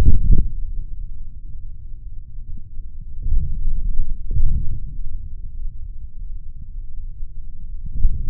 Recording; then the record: forearm muscle sounds (acoustic myography)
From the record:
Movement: forearm pronation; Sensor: system 3, bracelet of six PUI Audio POM-2738L microphones around the upper forearm, with dedicated amplification and filtering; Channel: 5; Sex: male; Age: 26 years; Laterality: right